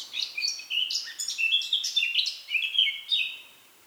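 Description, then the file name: Eurasian blackcap song: fast chattering warble opening into a series of loud, clear whistled notes, then fading. "Sylvia atricapilla"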